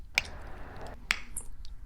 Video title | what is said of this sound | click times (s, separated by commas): How to Load String Trimmer Line the Right Way - Milwaukee M18 FUEL QUIK-LOK | Okay, so then that shows you that it's properly seated to feed the line through. | 0.2 s, 1.1 s